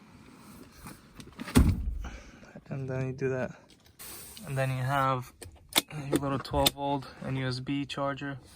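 In a 2020 VW Tiguan SUV, the small rear seat lock release lever is pulled up to unlock the rear seat, giving a sharp mechanical clunk at 1.6 s as the seat latch releases. Softer knocks come just before and after it, and someone talks through the rest of the clip.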